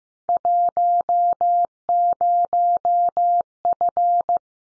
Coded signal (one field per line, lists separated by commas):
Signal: Morse code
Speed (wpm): 15 wpm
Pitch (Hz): 700 Hz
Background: none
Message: 10F